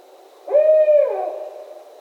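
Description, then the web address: Barred owl giving a single hollow hoot, steady then sliding down at the end, in otherwise quiet surroundings. Recorded 17 October 2011. "Barred Owl 2011 10 17 Barred Owl"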